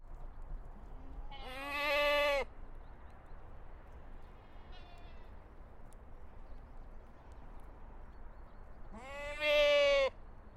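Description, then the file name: Goat giving two loud, shaky, nasal bleats several seconds apart, with a faint bleat between them and constant low hiss. Recorded at Terezín. "chevres terezin"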